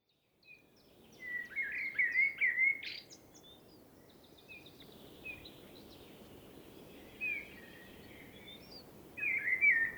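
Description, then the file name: Common blackbird song: a loud warbled phrase early on, quieter high twitters in between, and another phrase starting at the close, with background hiss. "Turdus merula"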